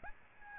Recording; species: mosquito wingbeat signal from an infrared sensor; Aedes albopictus